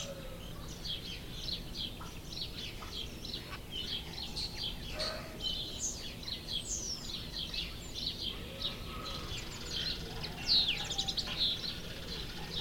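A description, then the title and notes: Birds chirp and warble without pause, a dense weave of bright, quick calls overlapping across the whole stretch, with a sharper, louder call near ten seconds. A steady low rumble runs underneath, and faint lower notes drift in now and then. The gentle cooing of doves to the playful warbling of canaries.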